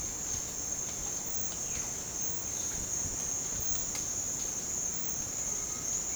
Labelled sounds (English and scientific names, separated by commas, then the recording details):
none
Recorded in dense forest near Puerto Asís, Putumayo, Colombia, on 20 December 2024 at 07:00
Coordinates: 0.466, -76.327
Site G075